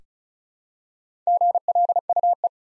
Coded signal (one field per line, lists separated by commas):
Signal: Morse code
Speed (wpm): 36 wpm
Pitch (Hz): 700 Hz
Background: none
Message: GLUE